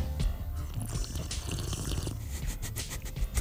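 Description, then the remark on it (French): Someone takes a few quick, noisy sips of hot coffee from a mug, with soft slurping bursts and faint swallowing over a low, steady rumble, ending in a short series of airy slurps. “Prendre une gorgée de café.”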